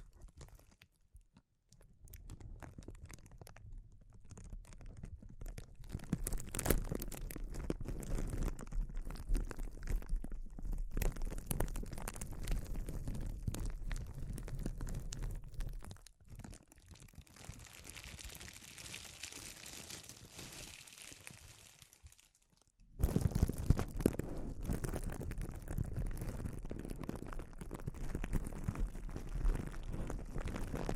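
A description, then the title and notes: Sensitive crinkles: dense, rustling crinkling and crunching that starts faint, builds around six seconds and runs fairly steady with scattered sharp crackles. A quieter patch near sixteen seconds gives way to a sudden louder burst of crinkling at twenty-three seconds that continues to the end. ASMR Sensitive Crinkles (No Talking).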